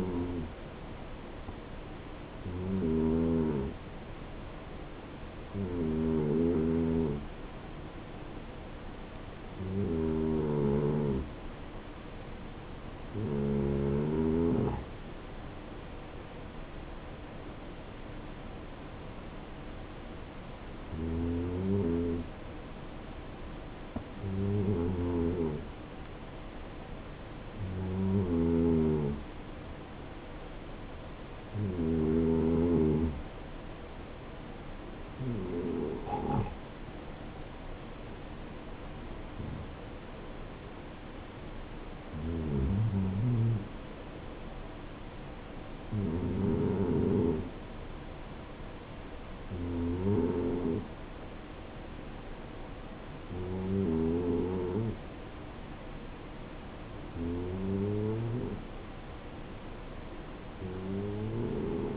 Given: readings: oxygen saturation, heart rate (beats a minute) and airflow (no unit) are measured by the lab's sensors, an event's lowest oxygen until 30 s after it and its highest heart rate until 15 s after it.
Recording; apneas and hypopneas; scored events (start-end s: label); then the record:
breathing in sleep by a voice recorder at the bedside; none
none scored
From the record:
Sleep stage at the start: N2 (light sleep); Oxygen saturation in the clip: 90 to 92%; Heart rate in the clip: 63 to 71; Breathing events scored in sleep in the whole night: 277 in 7.4 hours asleep